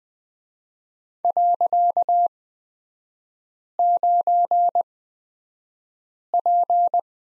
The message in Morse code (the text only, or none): .9P